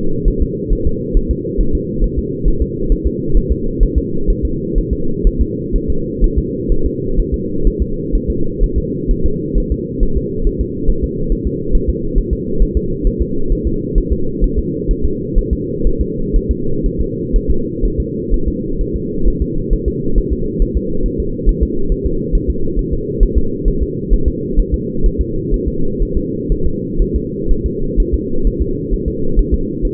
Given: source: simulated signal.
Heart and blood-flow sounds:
fetal heart sounds
0.28 s: S1
0.42 s: S2
0.73 s: S1
0.87 s: S2
1.17 s: S1
1.31 s: S2
1.61 s: S1
1.75 s: S2
2.04 s: S1
2.19 s: S2
2.48 s: S1
2.62 s: S2
2.92 s: S1
3.06 s: S2
3.37 s: S1
3.52 s: S2
3.83 s: S1
3.98 s: S2
4.30 s: S1
4.45 s: S2
4.78 s: S1
4.93 s: S2
5.27 s: S1
5.41 s: S2
5.76 s: S1
5.90 s: S2
6.24 s: S1
6.38 s: S2
6.72 s: S1
6.86 s: S2
7.20 s: S1
7.34 s: S2
7.67 s: S1
7.82 s: S2
8.15 s: S1
8.30 s: S2
8.63 s: S1
8.78 s: S2
9.11 s: S1
9.26 s: S2
9.58 s: S1
9.72 s: S2
10.03 s: S1
10.17 s: S2
10.47 s: S1
10.61 s: S2
10.90 s: S1
11.04 s: S2
11.32 s: S1
11.47 s: S2
11.75 s: S1
11.89 s: S2
12.18 s: S1
12.33 s: S2
12.62 s: S1
12.77 s: S2
13.07 s: S1
13.22 s: S2
13.52 s: S1
13.67 s: S2
13.98 s: S1
14.12 s: S2
14.44 s: S1
14.59 s: S2
14.91 s: S1
15.05 s: S2
15.38 s: S1
15.53 s: S2
15.87 s: S1
16.01 s: S2
16.36 s: S1
16.51 s: S2
16.86 s: S1
17.01 s: S2
17.36 s: S1
17.50 s: S2
17.85 s: S1
18.00 s: S2
18.34 s: S1
18.48 s: S2
18.81 s: S1
18.96 s: S2
19.28 s: S1
19.42 s: S2
19.73 s: S1
19.88 s: S2
20.18 s: S1
20.33 s: S2
20.62 s: S1
20.77 s: S2
21.06 s: S1
21.20 s: S2
21.49 s: S1
21.63 s: S2
21.92 s: S1
22.06 s: S2
22.35 s: S1
22.50 s: S2
22.79 s: S1
22.93 s: S2
23.23 s: S1
23.38 s: S2
23.68 s: S1
23.83 s: S2
24.13 s: S1
24.28 s: S2
24.59 s: S1
24.74 s: S2
25.06 s: S1
25.21 s: S2
25.54 s: S1
25.68 s: S2
26.03 s: S1
26.17 s: S2
26.52 s: S1
26.66 s: S2
27.02 s: S1
27.16 s: S2
27.51 s: S1
27.66 s: S2
28.00 s: S1
28.14 s: S2
28.47 s: S1
28.62 s: S2
28.94 s: S1
29.08 s: S2
29.39 s: S1
29.54 s: S2
29.85 s: S1
From the record:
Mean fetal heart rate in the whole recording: 130 bpm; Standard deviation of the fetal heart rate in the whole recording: 4 bpm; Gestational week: 38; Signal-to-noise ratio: -8.1 dB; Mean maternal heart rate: 72 bpm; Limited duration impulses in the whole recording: absent

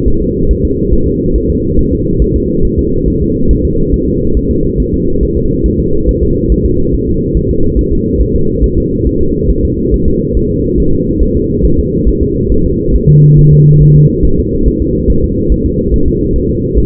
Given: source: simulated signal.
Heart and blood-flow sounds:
fetal heart sounds
0.08 s: S1
0.22 s: S2
0.51 s: S1
0.65 s: S2
0.93 s: S1
1.08 s: S2
1.36 s: S1
1.50 s: S2
1.79 s: S1
1.93 s: S2
2.22 s: S1
2.36 s: S2
2.65 s: S1
2.79 s: S2
3.08 s: S1
3.22 s: S2
3.51 s: S1
3.65 s: S2
3.94 s: S1
4.08 s: S2
4.37 s: S1
4.51 s: S2
4.80 s: S1
4.94 s: S2
5.23 s: S1
5.37 s: S2
5.66 s: S1
5.80 s: S2
6.09 s: S1
6.23 s: S2
6.52 s: S1
6.66 s: S2
6.95 s: S1
7.09 s: S2
7.37 s: S1
7.51 s: S2
7.79 s: S1
7.93 s: S2
8.21 s: S1
8.36 s: S2
8.64 s: S1
8.78 s: S2
9.07 s: S1
9.21 s: S2
9.50 s: S1
9.65 s: S2
9.94 s: S1
10.08 s: S2
10.37 s: S1
10.51 s: S2
10.80 s: S1
10.94 s: S2
11.23 s: S1
11.37 s: S2
11.65 s: S1
11.79 s: S2
12.08 s: S1
12.23 s: S2
12.52 s: S1
12.66 s: S2
12.95 s: S1
13.10 s: S2
13.39 s: S1
13.53 s: S2
13.82 s: S1
13.97 s: S2
14.25 s: S1
14.39 s: S2
14.68 s: S1
14.82 s: S2
15.10 s: S1
15.24 s: S2
15.52 s: S1
15.66 s: S2
15.94 s: S1
16.08 s: S2
16.36 s: S1
16.50 s: S2
16.78 s: S1
From the record:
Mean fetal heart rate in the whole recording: 140 bpm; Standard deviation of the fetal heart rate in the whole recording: 2 bpm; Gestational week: 34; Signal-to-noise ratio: -16.4 dB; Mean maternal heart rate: 72 bpm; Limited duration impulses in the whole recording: present

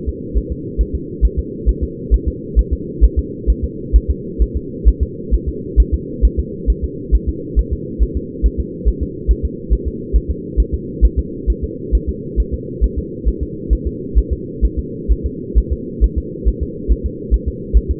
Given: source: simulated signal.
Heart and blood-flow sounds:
fetal heart sounds
0.09 s: S2
0.37 s: S1
0.52 s: S2
0.81 s: S1
0.95 s: S2
1.25 s: S1
1.39 s: S2
1.69 s: S1
1.84 s: S2
2.14 s: S1
2.28 s: S2
2.59 s: S1
2.73 s: S2
3.04 s: S1
3.19 s: S2
3.50 s: S1
3.64 s: S2
3.96 s: S1
4.10 s: S2
4.42 s: S1
4.57 s: S2
4.88 s: S1
5.03 s: S2
5.34 s: S1
5.49 s: S2
5.80 s: S1
5.94 s: S2
6.25 s: S1
6.39 s: S2
6.70 s: S1
6.84 s: S2
7.15 s: S1
7.29 s: S2
7.59 s: S1
7.73 s: S2
8.03 s: S1
8.17 s: S2
8.46 s: S1
8.60 s: S2
8.88 s: S1
9.03 s: S2
9.31 s: S1
9.45 s: S2
9.73 s: S1
9.88 s: S2
10.16 s: S1
10.31 s: S2
10.60 s: S1
10.74 s: S2
11.05 s: S1
11.19 s: S2
11.50 s: S1
11.64 s: S2
11.95 s: S1
12.09 s: S2
12.40 s: S1
12.54 s: S2
12.84 s: S1
12.98 s: S2
13.28 s: S1
13.43 s: S2
13.73 s: S1
13.87 s: S2
14.18 s: S1
14.33 s: S2
14.65 s: S1
14.79 s: S2
15.12 s: S1
15.26 s: S2
15.58 s: S1
15.73 s: S2
16.04 s: S1
16.18 s: S2
16.48 s: S1
16.63 s: S2
16.91 s: S1
17.06 s: S2
17.34 s: S1
17.48 s: S2
17.77 s: S1
17.91 s: S2
From the record:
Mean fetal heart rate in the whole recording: 135 bpm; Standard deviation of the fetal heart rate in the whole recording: 3 bpm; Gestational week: 34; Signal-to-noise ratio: -4.1 dB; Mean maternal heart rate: no maternal heart sound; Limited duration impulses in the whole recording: absent

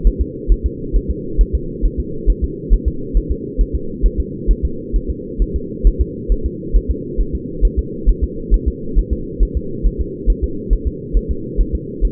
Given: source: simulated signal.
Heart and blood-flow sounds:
fetal heart sounds
0.07 s: S1
0.21 s: S2
0.52 s: S1
0.66 s: S2
0.96 s: S1
1.11 s: S2
1.41 s: S1
1.55 s: S2
1.86 s: S1
2.00 s: S2
2.30 s: S1
2.44 s: S2
2.73 s: S1
2.88 s: S2
3.17 s: S1
3.31 s: S2
3.61 s: S1
3.75 s: S2
4.06 s: S1
4.20 s: S2
4.51 s: S1
4.65 s: S2
4.96 s: S1
5.10 s: S2
5.42 s: S1
5.56 s: S2
5.87 s: S1
6.01 s: S2
6.32 s: S1
6.46 s: S2
6.76 s: S1
6.90 s: S2
7.21 s: S1
7.35 s: S2
7.65 s: S1
7.79 s: S2
8.09 s: S1
8.23 s: S2
8.54 s: S1
8.68 s: S2
8.98 s: S1
9.13 s: S2
9.43 s: S1
9.57 s: S2
9.86 s: S1
10.01 s: S2
10.30 s: S1
10.44 s: S2
10.73 s: S1
10.87 s: S2
11.17 s: S1
11.31 s: S2
11.61 s: S1
11.75 s: S2
12.05 s: S1
From the record:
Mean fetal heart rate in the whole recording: 135 bpm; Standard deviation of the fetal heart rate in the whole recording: 3 bpm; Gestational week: 36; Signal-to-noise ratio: -4.3 dB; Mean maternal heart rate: 72 bpm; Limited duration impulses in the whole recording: present

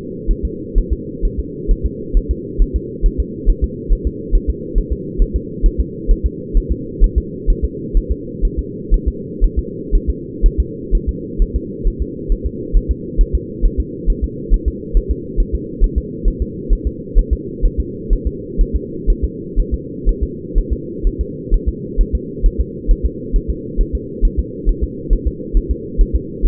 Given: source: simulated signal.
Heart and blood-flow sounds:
fetal heart sounds
0.31 s: S1
0.45 s: S2
0.78 s: S1
0.93 s: S2
1.25 s: S1
1.40 s: S2
1.71 s: S1
1.86 s: S2
2.17 s: S1
2.31 s: S2
2.62 s: S1
2.76 s: S2
3.06 s: S1
3.20 s: S2
3.50 s: S1
3.64 s: S2
3.93 s: S1
4.07 s: S2
4.35 s: S1
4.50 s: S2
4.78 s: S1
4.93 s: S2
5.22 s: S1
5.36 s: S2
5.66 s: S1
5.80 s: S2
6.11 s: S1
6.26 s: S2
6.57 s: S1
6.72 s: S2
7.04 s: S1
7.18 s: S2
7.50 s: S1
7.65 s: S2
7.97 s: S1
8.12 s: S2
8.45 s: S1
8.59 s: S2
8.94 s: S1
9.08 s: S2
9.44 s: S1
9.59 s: S2
9.95 s: S1
10.10 s: S2
10.46 s: S1
10.60 s: S2
10.95 s: S1
11.09 s: S2
11.42 s: S1
11.56 s: S2
11.88 s: S1
12.02 s: S2
12.32 s: S1
12.47 s: S2
12.77 s: S1
12.91 s: S2
13.21 s: S1
13.35 s: S2
13.66 s: S1
13.80 s: S2
14.10 s: S1
14.24 s: S2
14.54 s: S1
14.68 s: S2
14.97 s: S1
15.11 s: S2
15.40 s: S1
15.55 s: S2
15.84 s: S1
15.98 s: S2
16.28 s: S1
16.42 s: S2
16.73 s: S1
16.87 s: S2
17.19 s: S1
17.33 s: S2
17.65 s: S1
17.80 s: S2
18.13 s: S1
18.27 s: S2
18.61 s: S1
18.76 s: S2
19.10 s: S1
19.25 s: S2
19.59 s: S1
19.74 s: S2
20.09 s: S1
20.23 s: S2
20.58 s: S1
20.73 s: S2
21.07 s: S1
21.21 s: S2
21.54 s: S1
21.69 s: S2
22.01 s: S1
22.15 s: S2
22.46 s: S1
22.61 s: S2
22.91 s: S1
23.06 s: S2
23.36 s: S1
23.50 s: S2
23.81 s: S1
23.95 s: S2
24.25 s: S1
24.39 s: S2
24.69 s: S1
24.84 s: S2
25.13 s: S1
25.28 s: S2
25.57 s: S1
25.71 s: S2
26.01 s: S1
26.16 s: S2
26.46 s: S1
From the record:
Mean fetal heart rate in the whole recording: 130 bpm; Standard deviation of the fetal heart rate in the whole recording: 4 bpm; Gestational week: 38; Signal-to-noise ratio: -4.1 dB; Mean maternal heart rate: no maternal heart sound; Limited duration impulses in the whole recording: absent

